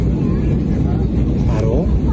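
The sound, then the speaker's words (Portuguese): An airplane landing, a loud, steady low roar and rumble that fills the whole stretch, with a person talking briefly over the engine noise. “O cara tá pousando, meu.”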